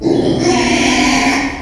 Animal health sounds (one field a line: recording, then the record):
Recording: squeal of a Yucatan mini pig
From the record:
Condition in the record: after surgery on the right vocal fold (resection and tissue-engineered implant)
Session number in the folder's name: 2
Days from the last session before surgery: 13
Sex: male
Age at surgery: 12 weeks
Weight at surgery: 13 kg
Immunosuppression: cyclosporine, prednisolone